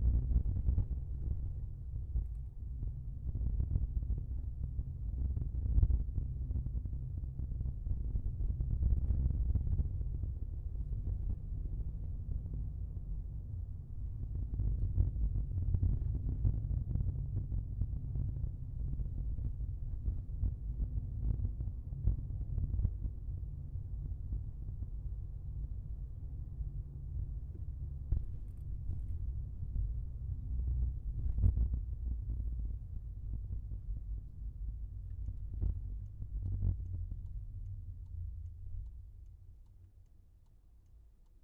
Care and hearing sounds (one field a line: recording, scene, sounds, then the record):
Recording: everyday scene through a hearing-aid microphone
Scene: in a vehicle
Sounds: engine, rumble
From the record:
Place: Skoda Fabia, gasoline engine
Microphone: behind the ear, left, rear